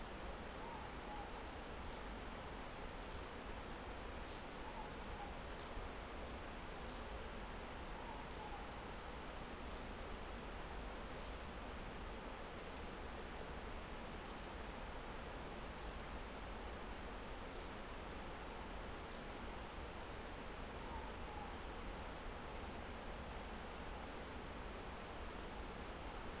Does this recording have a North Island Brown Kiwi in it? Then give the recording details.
no. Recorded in New Zealand on 10 December 2013. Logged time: 02:28. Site DE65